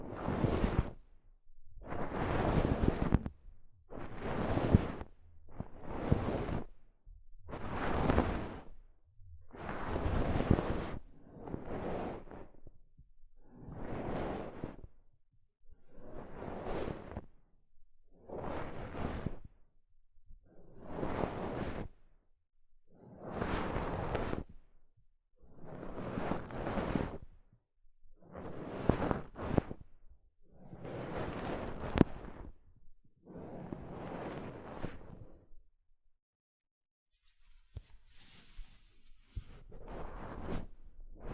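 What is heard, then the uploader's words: Soft fabric brushes across a microphone in about sixteen regular, full-range swishes, roughly every two seconds, then a scattered rustle near the end. ASMR Mic Brushing using Soft Fabric (No Talking).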